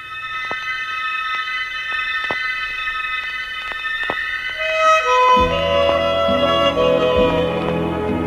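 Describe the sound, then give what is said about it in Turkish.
A train carrying passengers rolls along the rails at night with steady metallic whining tones and regular clacks from the wheels, then a deeper, louder rumble swells in partway through. No one speaks. “Trenle seyahat ederken dışarısını seyretmeye bayılırım.”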